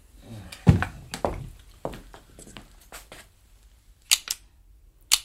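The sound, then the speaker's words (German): Dull handling thunks give way to two sharp, bright metallic clicks from the fire selector of a Heckler & Koch G3 assault rifle, switching it to full-automatic fire, spaced about a second apart and fairly loud against a quiet background, with no talking. “Zweimal Klick und dann gibt's Dauerfeuer.”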